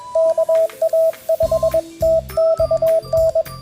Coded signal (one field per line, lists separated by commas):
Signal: Morse code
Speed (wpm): 21 wpm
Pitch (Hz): 650 Hz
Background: music, radio noise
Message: KA5TXN